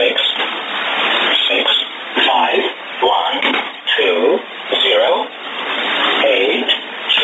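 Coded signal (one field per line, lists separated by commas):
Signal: numbers station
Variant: E07a English Man, English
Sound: male voice reading short, evenly spaced words through noisy shortwave audio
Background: radio static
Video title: 21 02 2019 E07a English Man numbers station in English to Eu 0554 on 5811 unknown tx site USB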